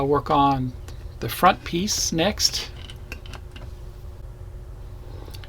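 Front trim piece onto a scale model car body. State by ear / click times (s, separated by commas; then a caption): seated / 3.1 s. Someone talks briefly, then the plastic front trim piece of a die-cast Batmobile model kit is pressed onto the scale model car body, with a few light handling ticks around it. A sharp snap at 3.1 s marks the trim piece seating onto the body.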